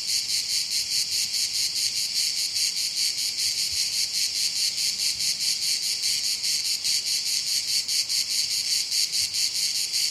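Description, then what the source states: Cicadas buzzing in a loud, high, steady chorus that pulses rapidly, with no other clear sounds. Cicadas calling on a hot summer day.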